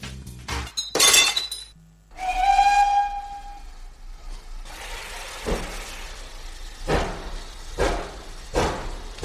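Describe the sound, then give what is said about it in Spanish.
A glass bottle smashes with a sharp, bright shatter, thrown ship-christening style to inaugurate a steam locomotive, followed by a long, steady steam-train whistle and then rhythmic, hissing chuffs of the locomotive getting under way. “Tira la botella esa que haces como cuando se inaugura un barco, inaugura la locomotora, inaugura este viaje y venga.”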